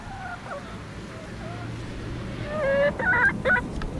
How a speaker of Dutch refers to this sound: Dit is het hele zachte geluid van een gelukkige kip.